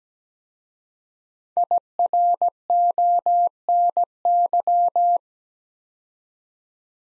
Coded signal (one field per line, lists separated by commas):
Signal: Morse code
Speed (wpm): 17 wpm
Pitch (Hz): 700 Hz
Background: none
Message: IRONY